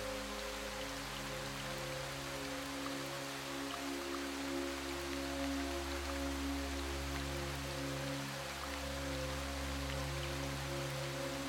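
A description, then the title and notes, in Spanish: Soft, steady rain falls in a quiet forest, a dense even patter with tiny drops ticking throughout. Underneath, gentle music holds sustained low tones and a deep drone that swells slightly around the third and eighth seconds, blending smoothly with the rainfall. Sumérgete en el suave sonido de la lluvia que cae en el corazón de un bosque sereno, acompañado armoniosamente por música que alivia los trastornos del sueño.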